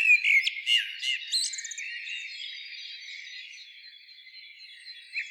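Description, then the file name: Common blackbird delivering one short fluty phrase with a squeaky high flourish at the end, then fading to a faint steady high background hum. "Turdus merula"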